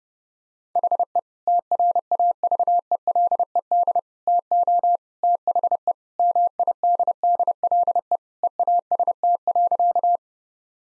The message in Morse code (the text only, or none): HE TRAVELED TO THE MIDDLE EAST.